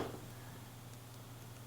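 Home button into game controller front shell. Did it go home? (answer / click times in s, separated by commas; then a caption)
no / none. A plastic home button is set at the top right of its opening in an Xbox One controller's front shell and slid into place, lined up before being pushed in. A faint handling rustle at the start fades into a steady low hum. Nothing has seated or clicked yet.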